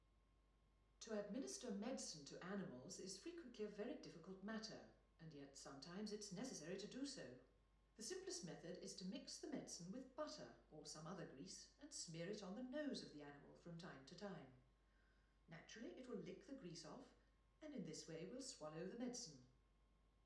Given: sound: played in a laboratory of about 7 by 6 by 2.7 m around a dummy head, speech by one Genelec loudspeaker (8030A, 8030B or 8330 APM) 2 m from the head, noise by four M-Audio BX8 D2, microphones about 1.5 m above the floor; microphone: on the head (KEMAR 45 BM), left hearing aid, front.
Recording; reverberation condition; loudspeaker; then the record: female speech in English; medium; 150 degrees to the left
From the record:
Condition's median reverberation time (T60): about 510 ms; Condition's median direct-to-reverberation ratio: about -0.5 dB